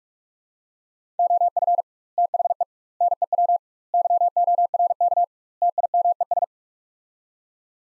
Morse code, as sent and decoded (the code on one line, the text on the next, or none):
--- ..-. / - .... . / -. . .-- / -.-- --- .-. -.- / - .. -- . ...
OF THE NEW YORK TIMES